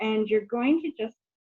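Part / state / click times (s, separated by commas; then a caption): metal jump ring ends closing in chainmaille / not seated / none. Someone talks while handling a metal jump ring for chainmaille, about to twist it closed with pliers until its ends meet. Nothing has clicked or seated yet; the clip ends just before the ring's ends are pushed together.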